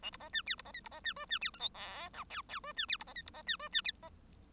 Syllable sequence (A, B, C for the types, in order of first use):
A B C D E B C F B C D G D E H I J K L L G D E B C F B C D G D E C